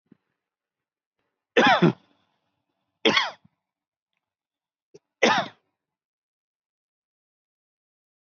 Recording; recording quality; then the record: shallow voluntary cough; excellent, no background noise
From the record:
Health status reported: COVID-19 positive, mild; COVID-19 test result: positive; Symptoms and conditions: none ticked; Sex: male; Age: 39 years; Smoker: not ticked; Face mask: not worn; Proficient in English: yes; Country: India